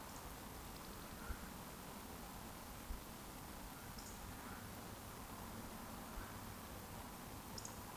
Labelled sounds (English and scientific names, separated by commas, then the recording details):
Eurasian Woodcock (Scolopax rusticola) whistle
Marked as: whistle, whistle, whistle
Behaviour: display flight
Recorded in Baden-Württemberg, Germany, on 13 June 2020 at 20:33 UTC
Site 14569, 102 m above sea level